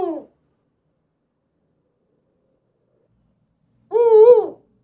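Eagle call: a brief yelp fading out at the start, then quiet for several seconds, then one wavering, harmonic drawn-out call.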